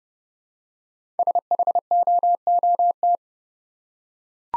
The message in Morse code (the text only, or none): SHOOT